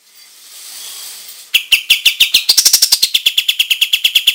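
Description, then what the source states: Olive-winged bulbul song: soft hiss at first, then rapid crisp repeated chips, interrupted by a fast, higher twittering burst before the steady notes return. Singing gacor, energetically and in full voice.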